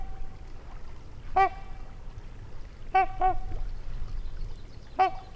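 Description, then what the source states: Trumpeter swan giving loud, nasal, horn-like trumpet notes: a single blast, then a quick double call, then one more, over a steady low rumble. Trumpet calls recorded near a lake in Wisconsin, 2019.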